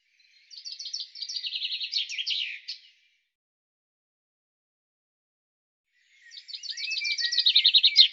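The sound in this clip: Bird song, two rapid high trilled phrases with a silent gap of about three seconds between them, the first ending in a quick flourish.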